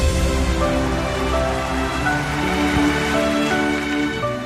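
An audience applauds as a drama actor from the National Centre for the Performing Arts is welcomed on stage, in a steady, dense wash of clapping that holds at an even level throughout, with faint musical tones running underneath.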